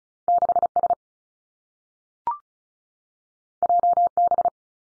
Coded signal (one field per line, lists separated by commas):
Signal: Morse code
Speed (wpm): 36 wpm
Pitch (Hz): 700 Hz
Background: none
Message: 6 S J B